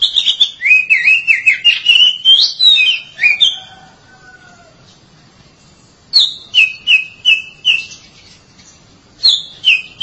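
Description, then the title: Oriental magpie-robin song opening with a fast, wavering warble, then a soft low whistle, a gap, and bursts of crisp repeated whistles. "Suara Kicauan Burung Kacer"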